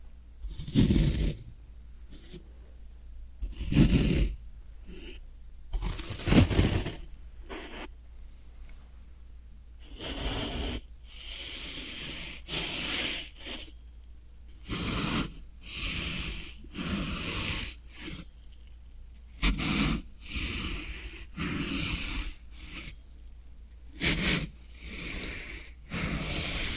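Floral foam being handled, with repeated short hissing crunches and scrapes, irregular at first, then coming faster and denser after ten seconds.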